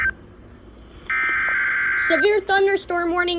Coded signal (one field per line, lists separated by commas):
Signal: Emergency Alert System (SAME) tones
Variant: header bursts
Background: speech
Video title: EAS Compilation Number 1 EAS 1 #noaaweatherradio #floodadvisory #eas #severethunderstorms